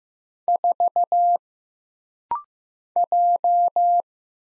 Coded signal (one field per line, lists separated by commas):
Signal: Morse code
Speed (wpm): 15 wpm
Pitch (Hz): 700 Hz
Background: none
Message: 4 J